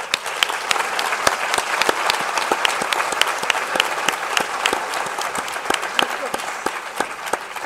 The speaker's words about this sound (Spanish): vamos a hacer un aplauso a Lola